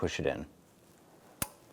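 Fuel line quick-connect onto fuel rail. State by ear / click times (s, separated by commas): seated / 1.4 s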